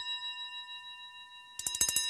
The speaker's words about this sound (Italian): Si sveglia il telefono, in piena notte. La zia corre a rispondere, si sente che è preoccupata. E quando suona il telefono di notte è qualcosa di brutto.